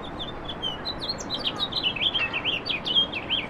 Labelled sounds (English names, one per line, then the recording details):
House Finch song
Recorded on Long Island, New York, on 18 April 2012
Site GC
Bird B